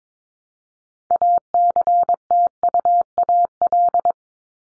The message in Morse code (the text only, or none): ACTUAL